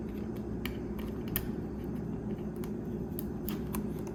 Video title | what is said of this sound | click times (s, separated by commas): DEPSTECH DS450 Endoscope Unboxing, Review, Test and First Impression | Nice click to it. | 1.4 s